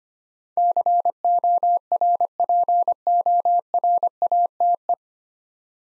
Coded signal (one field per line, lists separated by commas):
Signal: Morse code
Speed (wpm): 25 wpm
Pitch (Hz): 700 Hz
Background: none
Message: CORPORATE